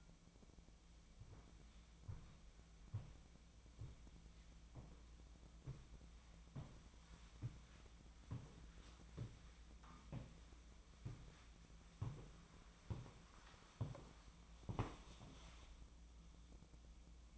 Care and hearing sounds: daily activity, microphone in the room; walk to room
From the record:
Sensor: 1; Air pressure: 1010.1 hPa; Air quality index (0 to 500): 185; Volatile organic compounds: 16 ppm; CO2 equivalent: 2541 ppm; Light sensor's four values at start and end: 37/96/40/49 and 26/62/28/33

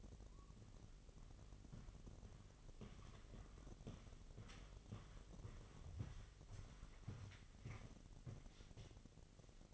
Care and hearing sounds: daily activity, microphone in the room; walk to room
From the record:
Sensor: 4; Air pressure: 1000.3 hPa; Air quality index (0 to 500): 213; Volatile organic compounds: 22 ppm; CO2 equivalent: 2754 ppm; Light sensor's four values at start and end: 9/21/8/8 and 9/20/8/8

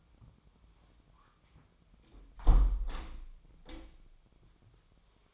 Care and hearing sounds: daily activity, microphone in the room; close window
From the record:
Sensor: 1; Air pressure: 1006.5 hPa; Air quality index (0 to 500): 208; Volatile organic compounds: 24 ppm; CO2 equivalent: 2804 ppm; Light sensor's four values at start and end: 12/32/12/14 and 12/31/12/14

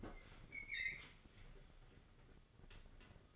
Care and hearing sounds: daily activity, microphone in the room; open fridge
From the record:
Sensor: 4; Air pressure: 1008.6 hPa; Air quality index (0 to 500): 75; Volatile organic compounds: 1 ppm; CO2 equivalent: 631 ppm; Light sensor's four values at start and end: 16/38/16/16 and 15/35/14/15

